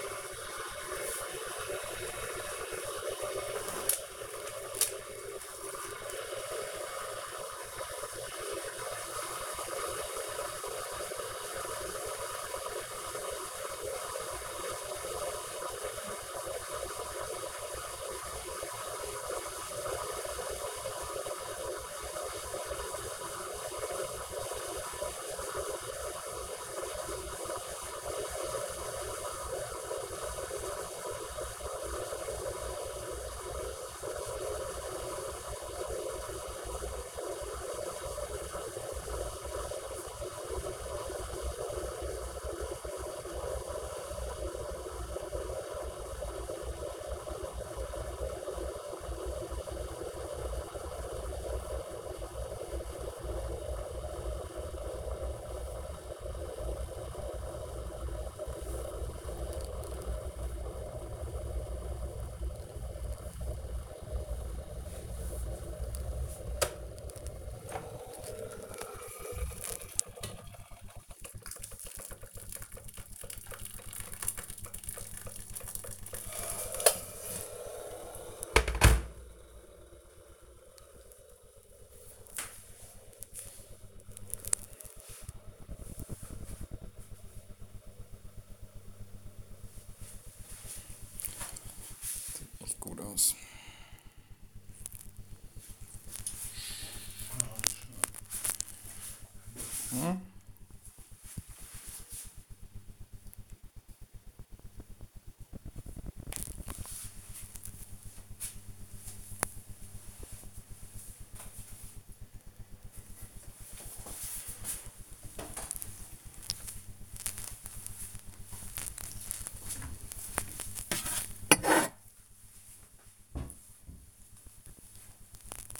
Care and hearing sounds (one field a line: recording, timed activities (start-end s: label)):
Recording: household activities, microphone on the right wrist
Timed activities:
0.00-80.07 s: making tea
118.31-125.80 s: making tea